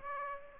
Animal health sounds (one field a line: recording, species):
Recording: mosquito wingbeat signal from an infrared sensor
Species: Aedes aegypti